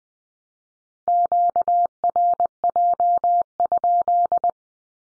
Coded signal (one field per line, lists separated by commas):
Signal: Morse code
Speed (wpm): 20 wpm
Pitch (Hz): 700 Hz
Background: none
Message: QRJ?